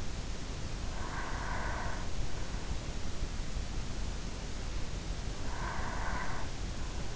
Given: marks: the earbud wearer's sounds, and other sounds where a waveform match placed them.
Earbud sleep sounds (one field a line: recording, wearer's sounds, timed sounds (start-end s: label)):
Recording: sounds in sleep by an in-ear microphone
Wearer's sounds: breath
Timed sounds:
0.52-2.49 s: breath
5.33-7.16 s: breath